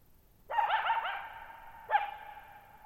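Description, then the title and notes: Coyote calls twice, a tremulous yipping bark followed by another about a second and a half later, both trailing into lingering reverberation over a quiet background. Lone coyote at night, July 14, 2019, Thirtymile Meadows, Okanogan National Forest, Okanogan High Country, 6400 ft (1950 m); tall sharp mountains on a high, mostly dry plateau; shallow bowl-shaped meadow. "Lone Coyote at Thirtymile Meadows. I spent the night of July 14, 2019, camped near Thirtymile Meadows in the Okanogan National Forest at 6400 ft (1950 m)"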